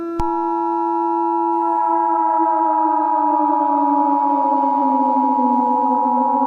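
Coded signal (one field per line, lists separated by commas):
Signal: Emergency Alert System (SAME) tones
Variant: 853 and 960 Hz attention tone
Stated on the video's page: Fictional double-feature EAS scenario containing valid and invalid tones, with sirens and distorted effects.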